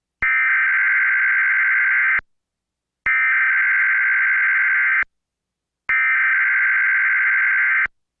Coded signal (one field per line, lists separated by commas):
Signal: Emergency Alert System (SAME) tones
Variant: header bursts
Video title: EAS 2024 Great Shakeout Earthquake Drill Required Monthly Test 10/17/24 EAS#401